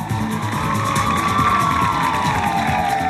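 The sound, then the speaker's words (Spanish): People in Spain applaud and cheer from their windows at 8 in the evening to thank healthcare workers during the coronavirus crisis, a steady dense clatter of clapping, with a loud wavering tone, like a siren, rising and falling over it throughout. “Y como cada día, a las 8 de la tarde, muchas personas han salido a sus ventanas para agradecer con aplausos el trabajo de los profesionales de la sanidad.”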